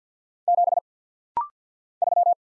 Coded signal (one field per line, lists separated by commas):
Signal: Morse code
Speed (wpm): 48 wpm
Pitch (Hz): 700 Hz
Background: none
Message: 7 3